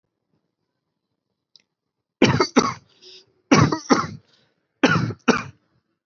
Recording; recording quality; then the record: heavy voluntary cough; excellent, no background noise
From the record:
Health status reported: healthy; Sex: male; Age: 26 years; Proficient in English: yes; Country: India